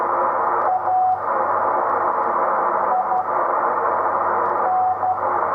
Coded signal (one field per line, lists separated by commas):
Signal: Morse code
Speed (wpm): 12 wpm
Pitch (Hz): 740 Hz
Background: radio noise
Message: A I N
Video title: Slow Speed CW Ops in the Extra Segment + Demo FAIL outtro